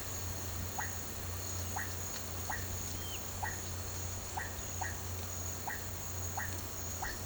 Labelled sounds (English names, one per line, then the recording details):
none
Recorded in pastures near Puerto Asís, Putumayo, Colombia, on 8 March 2025 at 12:30
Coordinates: 0.466, -76.322
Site CSA-02